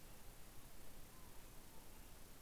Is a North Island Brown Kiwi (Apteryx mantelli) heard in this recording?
no